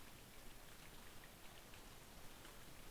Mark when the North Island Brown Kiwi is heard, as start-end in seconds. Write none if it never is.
none